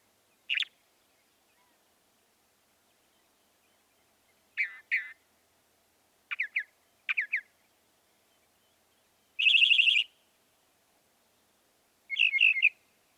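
Northern mockingbird song: scattered sharp chips and doubled notes with long gaps, then a loud buzzy burst and a final rattling phrase.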